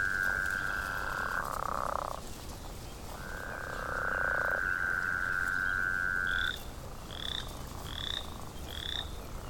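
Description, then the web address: Northern leopard frog: long humming trills, each held for a few seconds, followed by several short, high rising peeps. "l pipiens sounds"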